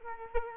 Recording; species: mosquito wingbeat signal from an infrared sensor; Culex quinquefasciatus